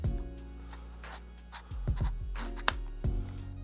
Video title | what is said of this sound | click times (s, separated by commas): Smallrig X Brandon Li Mobile Video Kit | You'll hear it lock in place. | 2.7 s